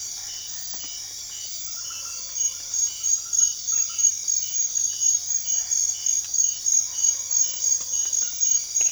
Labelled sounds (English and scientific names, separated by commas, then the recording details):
none
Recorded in secondary vegetation near Puerto Asís, Putumayo, Colombia, on 24 June 2025 at 22:30
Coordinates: 0.500, -76.326
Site GP08